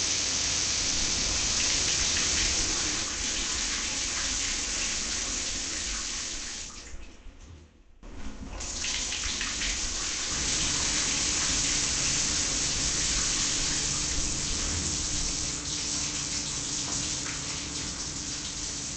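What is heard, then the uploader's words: A shower runs in a dense, steady hiss of falling water, bright and full with a low rumble underneath. Near eight seconds the spray briefly cuts out to near silence, then returns and continues evenly to the end. Shower.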